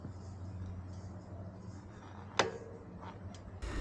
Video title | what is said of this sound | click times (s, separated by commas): Replacing a chain on a bicycle | and then applying some pressure on the pedals to make it click into place | 2.4 s